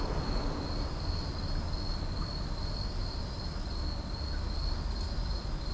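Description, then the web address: Insect chorus at night: a continuous high-pitched trill, slightly wavering, beneath which a heavy low hum runs without pause. Night insect chorus in an urban park. "boom library Urban and Suburban Urban park night insects"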